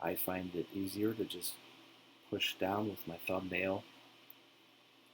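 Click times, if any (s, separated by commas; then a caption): 4.3 s. Someone talks while pressing the plastic retaining ring of a replacement ear pad cushion down into the ear cup of Bose QuietComfort 35 (QC35/QC35II) headphones with a thumbnail. After the talking stops, a short, sharp click sounds at 4.3 s as the clip snaps home and the ear pad is seated.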